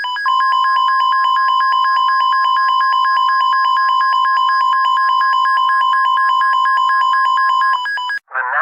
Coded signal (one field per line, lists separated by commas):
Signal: Emergency Alert System (SAME) tones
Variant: 1050 Hz attention tone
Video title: EAS Mock: Internal Error